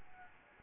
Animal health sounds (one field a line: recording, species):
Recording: mosquito wingbeat signal from an infrared sensor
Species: Aedes albopictus